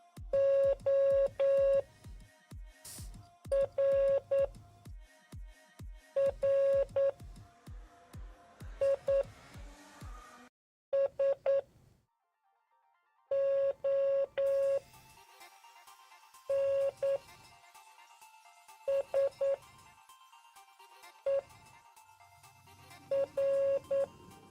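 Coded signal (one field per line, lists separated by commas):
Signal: Morse code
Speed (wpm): 9 wpm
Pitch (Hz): 550 Hz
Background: music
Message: ORRISON SER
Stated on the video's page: Morse from a puzzle board game played live.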